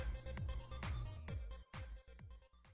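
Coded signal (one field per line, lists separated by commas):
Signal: none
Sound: music outro beeps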